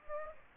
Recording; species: mosquito wingbeat signal from an infrared sensor; Aedes aegypti